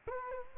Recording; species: mosquito wingbeat signal from an infrared sensor; Culex quinquefasciatus